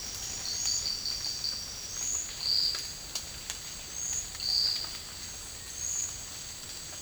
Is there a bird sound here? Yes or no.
no